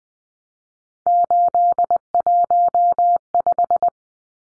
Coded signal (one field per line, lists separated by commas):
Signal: Morse code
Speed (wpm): 20 wpm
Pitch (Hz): 700 Hz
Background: none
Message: 815